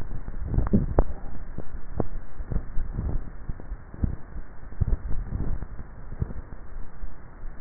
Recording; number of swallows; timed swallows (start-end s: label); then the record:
swallowing sounds by neck microphone; 3
0.52-1.18 s: swallow
2.72-3.28 s: swallow
5.08-5.55 s: swallow
From the record:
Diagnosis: dysphagia